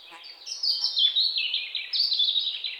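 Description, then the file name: European robin song: a continuous run of high, thin warbled and trilled notes sliding up and down, with a sharp click at the very end. "Erithacus rubecula"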